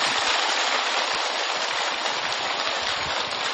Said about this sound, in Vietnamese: Xin vị dành một tràng vỗ tay.